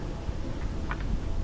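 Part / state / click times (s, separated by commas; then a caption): solar panel cable plug into security light socket / seated / 0.9 s. A solar panel's wire plug is pushed into the socket on a $30 solar security light, with a short, sharp click at 0.9 s over steady low background rumble. The plug clicks in and is seated with a good connection.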